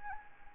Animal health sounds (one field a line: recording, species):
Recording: mosquito wingbeat signal from an infrared sensor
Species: Anopheles arabiensis